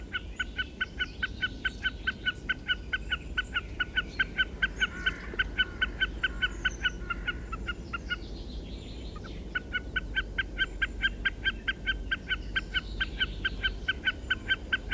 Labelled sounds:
Common Snipe song
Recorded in the wild
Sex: group
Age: adult
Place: Wullwinkel, Brandenburg, DE
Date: 1967-03-26
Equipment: Nagra III BH
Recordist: Schubert, Michael
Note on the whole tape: Balz auf einer Altkiefer

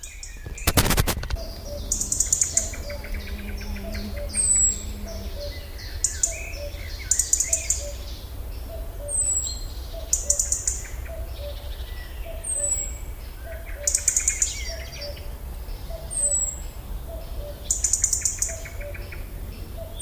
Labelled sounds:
European Robin call
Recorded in the wild
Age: adult
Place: Botanische Anlage Blankenfelde, Berlin, DE
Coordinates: 52.603, 13.4
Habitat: park
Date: 1996-07-07 16:37
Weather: sunny, 18°C
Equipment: Sony MD-WM MZ-R3, Sennheiser MKH 416 T, Kopie Uher 4000 Report Monitor
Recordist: Tembrock, Günter

